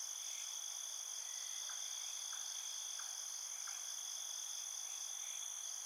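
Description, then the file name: Field crickets in a constant high-pitched ringing chorus, with a few brief soft pulses in the lower range. Field crickets at night. "Ambience Night Field Cricket"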